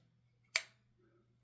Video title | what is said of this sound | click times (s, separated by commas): How to Change L-Mount Lenses (Panasonic full frame & Blackmagic) | I aligned my dot there, and then you're gonna hear the click. | 0.6 s